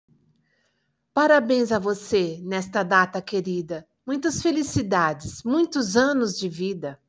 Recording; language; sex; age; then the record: short text; Brazilian Portuguese; female; 50 to 59 years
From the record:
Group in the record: control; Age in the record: 55 years